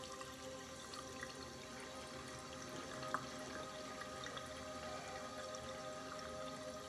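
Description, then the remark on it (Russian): Tap water runs in a steady, unbroken stream into a glass in a bathroom, a soft continuous hiss with faint ringing tones and no voices. “В ванной он наполняет стакан водой и пьет.”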